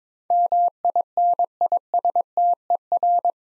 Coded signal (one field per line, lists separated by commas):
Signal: Morse code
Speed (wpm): 22 wpm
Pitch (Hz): 700 Hz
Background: none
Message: MINISTER